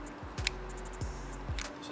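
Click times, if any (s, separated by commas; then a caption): 0.5 s. A plastic throttle spacer is pushed a little further into the throttle grip assembly of a 2023 Ducati Panigale V4S motorcycle until it pops into place. A sharp click at 0.5 s marks the spacer seating, over faint steady tones and low rumbling handling noise, with another small tick near 1.6 s.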